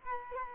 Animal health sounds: mosquito wingbeat signal from an infrared sensor; Culex quinquefasciatus

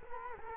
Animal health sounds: mosquito wingbeat signal from an infrared sensor; Culex quinquefasciatus

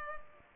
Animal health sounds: mosquito wingbeat signal from an infrared sensor; Culex pipiens

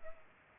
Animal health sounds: mosquito wingbeat signal from an infrared sensor; Culex pipiens

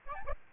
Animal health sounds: mosquito wingbeat signal from an infrared sensor; Aedes albopictus

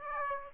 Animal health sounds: mosquito wingbeat signal from an infrared sensor; Aedes aegypti

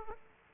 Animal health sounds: mosquito wingbeat signal from an infrared sensor; Aedes aegypti

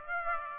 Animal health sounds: mosquito wingbeat signal from an infrared sensor; Aedes aegypti

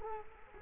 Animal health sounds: mosquito wingbeat signal from an infrared sensor; Culex quinquefasciatus

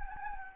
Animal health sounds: mosquito wingbeat signal from an infrared sensor; Anopheles gambiae

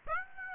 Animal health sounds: mosquito wingbeat signal from an infrared sensor; Aedes aegypti

